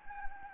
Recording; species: mosquito wingbeat signal from an infrared sensor; Anopheles gambiae